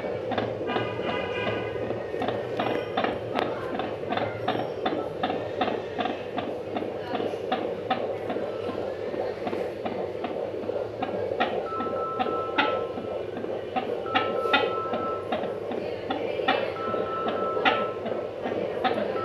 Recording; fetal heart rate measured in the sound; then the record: fetal heartbeat by stethoscope microphone, probably a fetal Doppler's sound; 155 bpm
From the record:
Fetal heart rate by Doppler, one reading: 148 bpm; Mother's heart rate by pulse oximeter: 96 bpm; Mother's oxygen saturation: 99%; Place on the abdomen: right side bottom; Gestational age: 36+ weeks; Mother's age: 26 years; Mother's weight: 72 kg